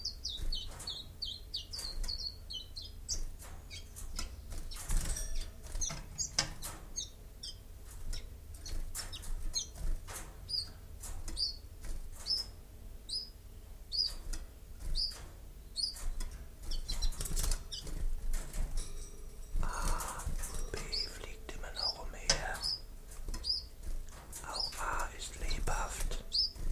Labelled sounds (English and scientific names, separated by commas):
Common Chiffchaff (Phylloscopus collybita) song